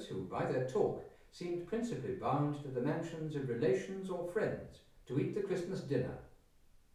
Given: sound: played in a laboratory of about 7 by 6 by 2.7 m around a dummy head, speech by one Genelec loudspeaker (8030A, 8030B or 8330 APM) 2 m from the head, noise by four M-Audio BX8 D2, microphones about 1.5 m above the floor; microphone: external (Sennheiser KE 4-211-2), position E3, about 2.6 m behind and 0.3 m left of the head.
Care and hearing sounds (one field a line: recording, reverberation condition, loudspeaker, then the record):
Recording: male speech in English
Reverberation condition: medium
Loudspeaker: in front (0 degrees)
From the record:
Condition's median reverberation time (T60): about 510 ms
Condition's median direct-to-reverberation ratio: about -0.5 dB